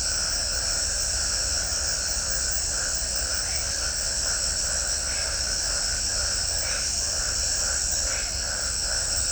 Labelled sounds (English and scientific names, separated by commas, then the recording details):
none
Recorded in shrubland near Pivijay, Magdalena, Colombia, on 4 June 2023 at 21:30
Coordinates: 10.453, -74.365
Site P5-G022